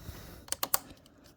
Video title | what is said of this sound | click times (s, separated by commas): How to change your CCV filter 6.7 Cummins with FULL Walkthrough. READ DESCRIPTION #ram #cummins | It's locked. | 0.5 s, 0.6 s, 0.7 s